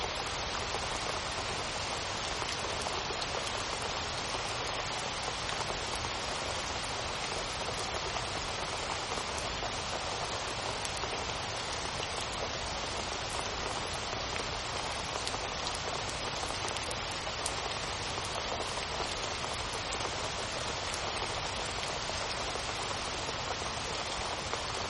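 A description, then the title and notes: Heavy jungle rain pours down in a dense, unbroken hiss that holds steady for the whole stretch. Countless close drops patter on leaves and surfaces, bright and crackling on top of a softer low rumble, with no pauses or distinct events. Jungle Rain. Relax and immerse yourself in this rain sound from a lush rainforest in the tropics.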